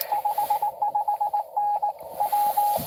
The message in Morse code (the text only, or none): 55N W